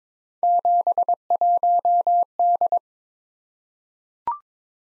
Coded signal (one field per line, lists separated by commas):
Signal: Morse code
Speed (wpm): 22 wpm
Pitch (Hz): 700 Hz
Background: none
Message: 71D